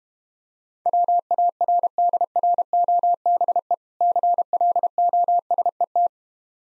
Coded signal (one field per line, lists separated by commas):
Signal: Morse code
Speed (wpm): 32 wpm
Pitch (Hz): 700 Hz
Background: none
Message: WARDROBE CLOSET